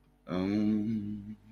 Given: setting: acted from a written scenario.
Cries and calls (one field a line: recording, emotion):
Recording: vocal sound without words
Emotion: serenity